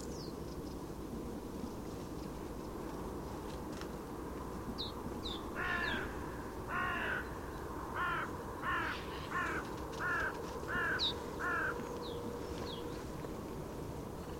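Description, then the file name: Carrion crow giving a series of short, harsh caws in loose irregular bursts, with high thin notes of small birds and a steady low rumble behind. "Corvus corone"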